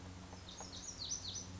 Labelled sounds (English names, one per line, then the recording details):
Lazuli Bunting
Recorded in Sonoma County, California